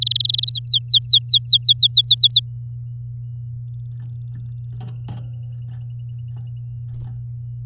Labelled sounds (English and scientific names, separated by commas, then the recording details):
Domestic Canary (Serinus canaria) song
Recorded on 9 May 2018 at 11:09
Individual llb16